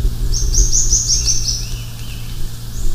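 Bird call: a fast, high chattering trill of repeated notes lasting about a second and a half, over a steady low hum.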